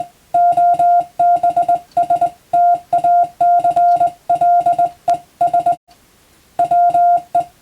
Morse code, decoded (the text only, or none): OBSTACLES WE